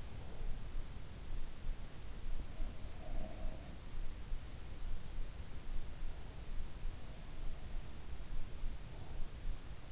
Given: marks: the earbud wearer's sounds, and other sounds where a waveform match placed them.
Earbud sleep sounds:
sounds in sleep by an in-ear microphone; breath
0.00-0.71 s: breath
2.56-3.79 s: sound from someone else or the room

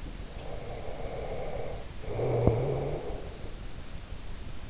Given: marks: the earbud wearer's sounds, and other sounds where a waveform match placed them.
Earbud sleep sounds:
sounds in sleep by an in-ear microphone; snoring breath
0.15-3.49 s: snoring breath

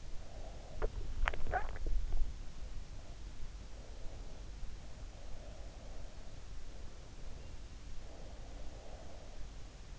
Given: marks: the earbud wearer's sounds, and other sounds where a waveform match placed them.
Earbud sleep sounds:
sounds in sleep by an in-ear microphone; swallowing, breath
0.00-2.71 s: swallowing
4.07-6.57 s: breath
6.75-9.69 s: breath

